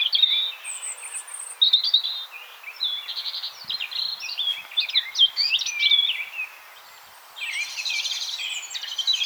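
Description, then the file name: European robin song with clear whistled notes and tumbling, scratchy trills, phrases varying in pitch, ending with a dense high twittering burst. "Erithacus rubecula"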